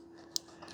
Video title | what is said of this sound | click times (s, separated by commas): How to Replace a Wheel on the Shark AI Ultra Matrix Robot Vacuum (Wheel Error Fix) | Push it. You'll hear it click. | 0.4 s